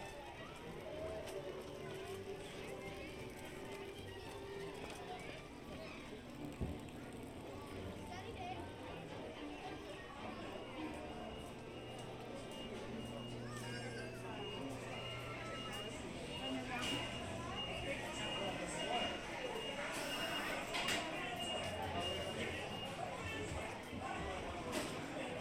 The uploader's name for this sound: Mickey's Toon Town, Disneyland Binaural Recording